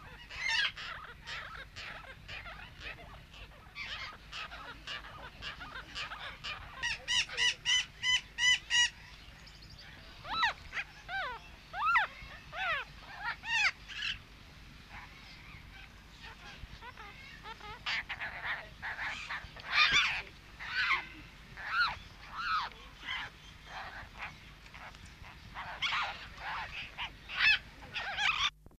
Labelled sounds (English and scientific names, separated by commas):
Slender-billed Parakeet (Enicognathus leptorhynchus) call